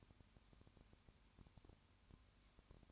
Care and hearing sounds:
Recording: daily activity, microphone in the room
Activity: no activity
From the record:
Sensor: 2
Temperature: 20.3 degrees Celsius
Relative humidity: 35.6%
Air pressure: 1001.0 hPa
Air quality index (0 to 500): 197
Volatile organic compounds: 5 ppm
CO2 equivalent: 1736 ppm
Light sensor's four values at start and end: 2/3/2/2 and 2/3/2/2

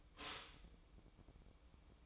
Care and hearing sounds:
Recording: daily activity, microphone in the room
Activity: stop toaster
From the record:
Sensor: 1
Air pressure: 1007.1 hPa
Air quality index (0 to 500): 73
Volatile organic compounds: 1 ppm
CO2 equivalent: 654 ppm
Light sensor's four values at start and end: 8/18/7/8 and 8/18/7/8

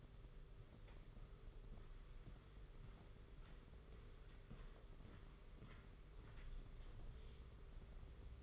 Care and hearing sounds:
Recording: daily activity, microphone in the room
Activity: walk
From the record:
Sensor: 4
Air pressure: 991.5 hPa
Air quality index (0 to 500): 138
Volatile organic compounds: 57 ppm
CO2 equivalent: 3382 ppm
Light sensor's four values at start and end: 23/75/28/29 and 23/74/28/28

